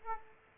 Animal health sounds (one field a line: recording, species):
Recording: mosquito wingbeat signal from an infrared sensor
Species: Aedes aegypti